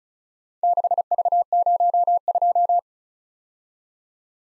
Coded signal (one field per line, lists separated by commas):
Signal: Morse code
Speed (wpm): 38 wpm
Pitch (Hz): 700 Hz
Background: none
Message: 6V02